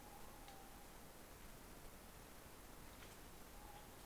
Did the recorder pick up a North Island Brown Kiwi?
no